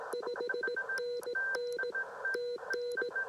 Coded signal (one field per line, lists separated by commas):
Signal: Morse code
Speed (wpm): 18 wpm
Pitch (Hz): 480 Hz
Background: radio noise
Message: 5NN TN